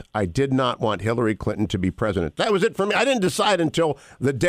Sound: none